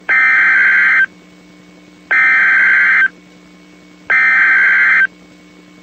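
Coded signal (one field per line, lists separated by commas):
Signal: Emergency Alert System (SAME) tones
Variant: header bursts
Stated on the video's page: NOAA weather radio civil emergency message about outdoor warning sirens, from the Green Bay station.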